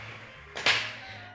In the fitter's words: that's now locked into place you heard that audible lock